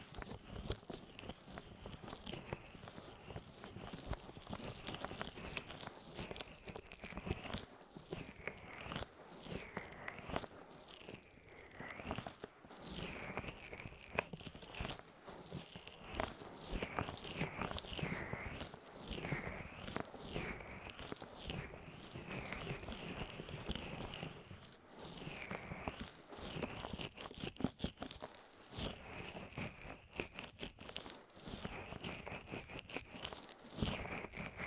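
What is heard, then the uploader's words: A deep ear massage: dense, crackling rubbing that runs without a break for the whole stretch, full of tiny crunchy clicks. Rhythmic swooshing strokes repeat about once a second, clearest through the middle, with a few brief pauses near 12 and 25 seconds. ASMR Sleep With Deep Ear Massage (No Talking).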